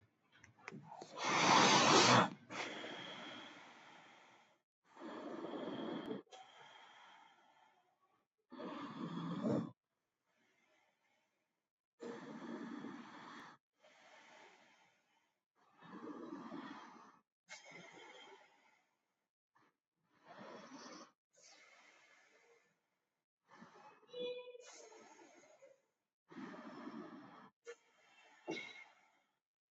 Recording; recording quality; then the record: deep breathing; excellent, no background noise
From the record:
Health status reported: COVID-19 positive, no symptoms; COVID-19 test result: positive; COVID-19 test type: RT-PCR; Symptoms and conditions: cough, fever, muscle pain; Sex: male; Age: 33 years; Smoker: yes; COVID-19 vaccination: both doses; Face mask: not worn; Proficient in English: yes